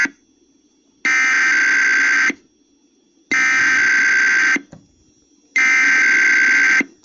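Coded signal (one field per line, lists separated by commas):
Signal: Emergency Alert System (SAME) tones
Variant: header bursts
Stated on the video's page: Required weekly test and relay on KDKA.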